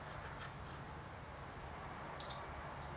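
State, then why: Not seated. An ignition coil is lined up over a spark plug in a 2015 Mini Cooper Roadster engine, positioned so its boot sits between the plastic pieces before being pushed down. Steady low hum and broadband noise are heard with a few faint, light ticks, including around 2.2 to 2.3 seconds. Nothing has seated or clicked yet.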